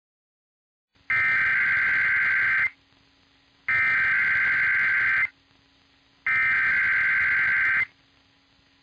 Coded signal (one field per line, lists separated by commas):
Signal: Emergency Alert System (SAME) tones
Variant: header bursts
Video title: 5/14/21 | FM Tests [EAS #354-355]